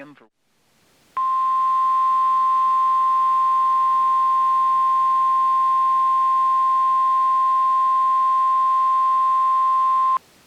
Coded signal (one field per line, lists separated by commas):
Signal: Emergency Alert System (SAME) tones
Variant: 1050 Hz attention tone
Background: speech